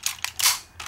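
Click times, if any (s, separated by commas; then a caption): 0.2 s. A plastic part is pushed into a combining toy robot and then brought forward so its lock engages. A sharp plastic click at 0.2 seconds marks the part locking into place, surrounded by lighter handling taps and a softer sliding rustle. No one talks.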